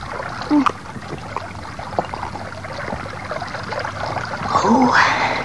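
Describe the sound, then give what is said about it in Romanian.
Water trickles and splashes steadily into a vessel at a well, a continuous bubbling wash that grows a little fuller toward the end, with a couple of brief squeaky chirps on top. “Apă rece, apă lină, apă sfântă, apă dătătoare de viață.”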